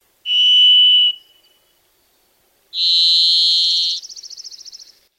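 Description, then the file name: Varied Thrush song: a long, steady whistled tone, a pause, then a higher, buzzier whistle that ends in a fluttering, burry trill. "Alison Clarkes Varied Thrush"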